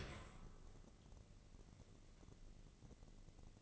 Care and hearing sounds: daily activity, microphone in the room; open dishwasher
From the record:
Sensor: 4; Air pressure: 1013.2 hPa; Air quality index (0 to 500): 172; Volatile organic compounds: 2 ppm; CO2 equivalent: 1084 ppm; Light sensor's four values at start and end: 79/195/81/83 and 80/199/83/85

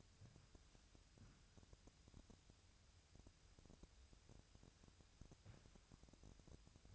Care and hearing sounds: daily activity, microphone in the room; wipe stove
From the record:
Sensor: 2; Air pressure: 1001.5 hPa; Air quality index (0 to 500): 226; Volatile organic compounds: 25 ppm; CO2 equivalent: 2828 ppm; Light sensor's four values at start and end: 7/26/10/9 and 7/26/10/9

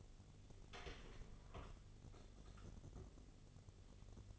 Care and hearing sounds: daily activity, microphone in the room; open door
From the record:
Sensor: 4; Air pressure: 1016.1 hPa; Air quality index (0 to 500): 210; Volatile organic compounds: 13 ppm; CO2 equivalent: 2396 ppm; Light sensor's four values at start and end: 9/20/8/7 and 9/20/8/7

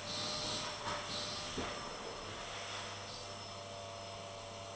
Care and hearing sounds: daily activity, microphone in the room; vacuum cleaning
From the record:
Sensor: 4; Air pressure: 1000.9 hPa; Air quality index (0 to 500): 138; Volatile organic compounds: 2 ppm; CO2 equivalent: 1024 ppm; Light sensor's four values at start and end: 29/69/29/31 and 29/69/29/31

